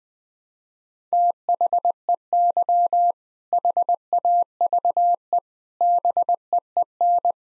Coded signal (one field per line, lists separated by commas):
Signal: Morse code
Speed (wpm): 21 wpm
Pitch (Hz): 700 Hz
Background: none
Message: THEY HAVE BEEN